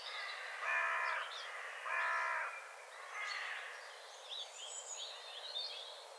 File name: Corvus corone